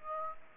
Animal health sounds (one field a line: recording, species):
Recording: mosquito wingbeat signal from an infrared sensor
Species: Aedes aegypti